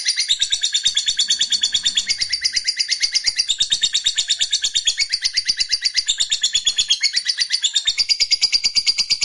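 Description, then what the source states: Lovebird song, a long unbroken stream of shrill, rapid chirps and twitters, pulsing several times a second with no pause throughout. Fighter-type lovebird singing energetically (gacor).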